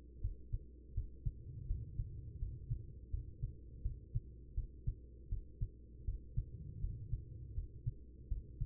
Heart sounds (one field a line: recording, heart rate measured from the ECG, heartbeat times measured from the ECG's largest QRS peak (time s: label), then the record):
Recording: heart sounds by stethoscope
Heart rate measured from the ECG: 82 bpm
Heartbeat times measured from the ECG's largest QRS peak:
0.20 s: heartbeat
0.93 s: heartbeat
1.66 s: heartbeat
2.38 s: heartbeat
3.10 s: heartbeat
3.81 s: heartbeat
4.54 s: heartbeat
5.28 s: heartbeat
6.04 s: heartbeat
6.80 s: heartbeat
7.54 s: heartbeat
8.28 s: heartbeat
From the record:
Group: healthy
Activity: rest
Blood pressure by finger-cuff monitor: 110/73 mmHg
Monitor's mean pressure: 85 mmHg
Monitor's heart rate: 82 bpm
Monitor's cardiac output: 5.5 L/min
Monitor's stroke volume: 67 mL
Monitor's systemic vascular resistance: 1110 dyn s/cm5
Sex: female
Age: 43 years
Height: 160 cm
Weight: 90 kg